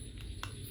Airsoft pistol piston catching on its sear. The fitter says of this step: Latihan kokang ini kalau bisa agak didorong atau nggak usah didorong, yang penting bunyi klik.